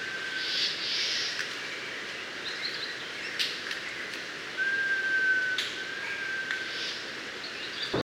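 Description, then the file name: Mangrove robin giving a drawn-out, even whistle midway through, against a noisy background. "Melanodryas Pulverulenta"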